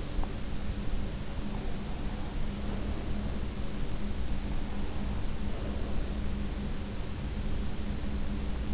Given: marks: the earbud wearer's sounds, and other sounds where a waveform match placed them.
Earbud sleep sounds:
sounds in sleep by an in-ear microphone; teeth grinding, breath
0.00-0.45 s: teeth grinding
2.11-3.46 s: breath
5.31-6.57 s: breath

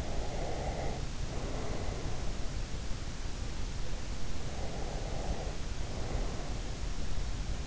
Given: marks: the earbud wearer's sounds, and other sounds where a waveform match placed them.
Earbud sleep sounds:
sounds in sleep by an in-ear microphone; breath
0.00-2.26 s: breath
4.51-6.64 s: breath

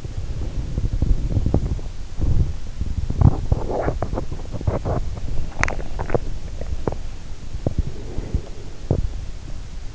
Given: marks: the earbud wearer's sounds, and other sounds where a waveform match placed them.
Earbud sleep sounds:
sounds in sleep by an in-ear microphone; teeth grinding, swallowing
0.00-5.33 s: teeth grinding
5.33-6.42 s: swallowing
6.42-9.25 s: teeth grinding

